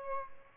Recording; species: mosquito wingbeat signal from an infrared sensor; Aedes albopictus